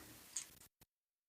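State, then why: Not seated. The push-button lock cylinder on a sliding wardrobe door is being handled, with a low, steady background hiss, a sharp tick at about 0.4 s and a faint brief tick at about 0.8 s before silence. Nothing has seated or clicked locked yet; the clip ends just before the cylinder goes home.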